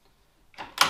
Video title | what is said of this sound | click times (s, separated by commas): Seahorse Demo Video | locks in place | 0.8 s